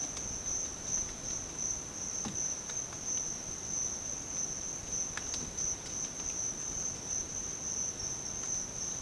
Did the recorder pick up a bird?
no